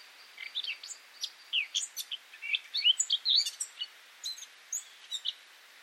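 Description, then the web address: Eurasian blackcap song, a fast jumble of chattering and warbling notes over faint background hiss, varied and rapid throughout. "cianscape birddata Deverinetal 2025"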